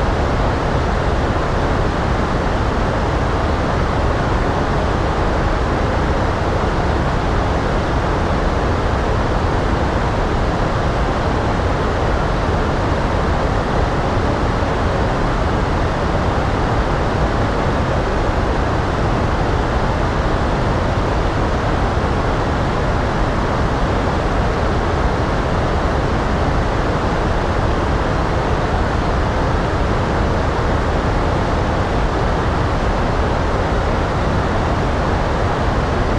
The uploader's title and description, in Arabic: الضوضاء الوردية الهادئة. مزيج الضوضاء الوردية والبيضاء الهادئ